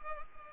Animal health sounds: mosquito wingbeat signal from an infrared sensor; Culex pipiens

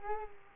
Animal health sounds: mosquito wingbeat signal from an infrared sensor; Culex quinquefasciatus

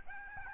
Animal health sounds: mosquito wingbeat signal from an infrared sensor; Aedes albopictus

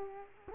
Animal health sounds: mosquito wingbeat signal from an infrared sensor; Culex quinquefasciatus

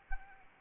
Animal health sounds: mosquito wingbeat signal from an infrared sensor; Anopheles arabiensis

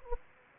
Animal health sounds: mosquito wingbeat signal from an infrared sensor; Anopheles gambiae

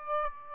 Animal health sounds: mosquito wingbeat signal from an infrared sensor; Aedes aegypti

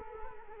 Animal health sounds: mosquito wingbeat signal from an infrared sensor; Culex quinquefasciatus

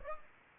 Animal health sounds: mosquito wingbeat signal from an infrared sensor; Aedes aegypti

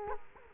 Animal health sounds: mosquito wingbeat signal from an infrared sensor; Culex quinquefasciatus

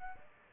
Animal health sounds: mosquito wingbeat signal from an infrared sensor; Aedes aegypti

